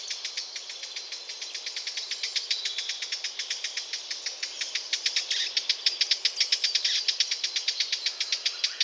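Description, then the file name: Eurasian blackcap producing a rapid, fairly even stream of dry clicking tack notes, growing slightly louder toward the end. "Sylvia atricapilla"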